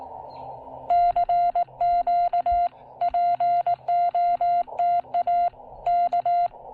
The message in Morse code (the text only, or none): CQ POTA K